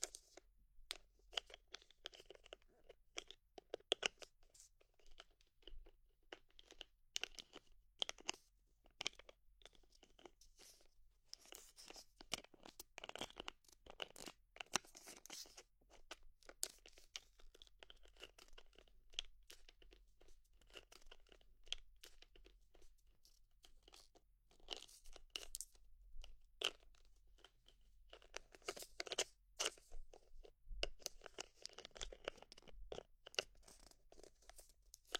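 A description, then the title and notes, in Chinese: Ear massage sounds: dense, crinkly rubbing and crunching that comes in quick, irregular bursts throughout, with a low steady hum underneath. 大姐姐 按摩你的耳朵。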